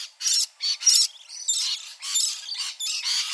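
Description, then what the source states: Rainbow lorikeet screeching calls, many harsh, high, rasping squawks in quick bursts with short pauses between them. Rainbow lorikeets feeding with brushy tongues on nectar of eucalyptus and other Australian plants, acting as pollinators.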